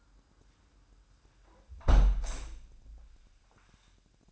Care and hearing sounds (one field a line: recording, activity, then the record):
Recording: daily activity, microphone in the room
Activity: close window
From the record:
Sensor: 2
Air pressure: 998.4 hPa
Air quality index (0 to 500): 137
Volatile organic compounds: 4 ppm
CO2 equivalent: 1552 ppm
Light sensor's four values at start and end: 7/17/7/8 and 7/16/7/7